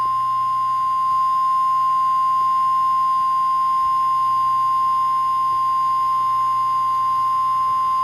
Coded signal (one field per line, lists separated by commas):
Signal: Emergency Alert System (SAME) tones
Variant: 1050 Hz attention tone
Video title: eas svr Eas#285